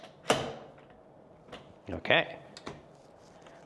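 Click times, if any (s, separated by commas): 0.3 s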